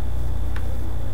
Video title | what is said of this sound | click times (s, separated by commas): full review and table top of the ultimate knife | and I'm going to bring it up okay as soon as you heard that snap it disengaged | 0.6 s